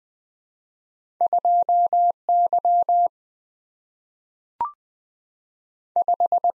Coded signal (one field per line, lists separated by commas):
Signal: Morse code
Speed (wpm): 20 wpm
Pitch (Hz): 700 Hz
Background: none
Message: 2Y 5